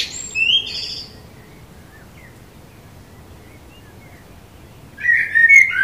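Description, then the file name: Common blackbird song: the high twittering end of one phrase, a long quiet gap, then another warbled phrase starting near the end. "Turdus merula"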